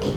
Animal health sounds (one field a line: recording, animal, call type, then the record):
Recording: contact call of a hoofed animal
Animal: pig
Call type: closed-mouth grunt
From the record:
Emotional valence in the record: positive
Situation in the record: food and toys in familiar pen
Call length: 0.17 s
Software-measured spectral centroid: 2080 Hz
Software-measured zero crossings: 1420 a second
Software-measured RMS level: -24 dBFS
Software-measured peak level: -11 dBFS